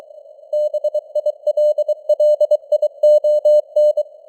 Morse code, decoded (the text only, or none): BILLION